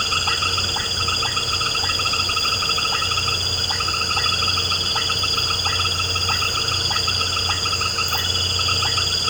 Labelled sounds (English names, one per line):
none